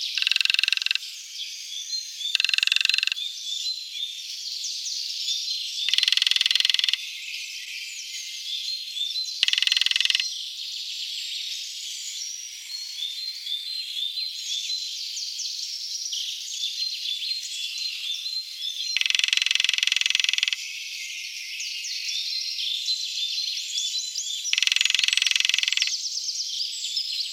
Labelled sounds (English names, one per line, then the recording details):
Lesser Spotted Woodpecker drumming
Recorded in the wild
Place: Gottenheim / Freiburg im Breisgau, Baden-Württemberg, DE
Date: 1976-03-28
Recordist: Schwarz, Dieter
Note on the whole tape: Drumming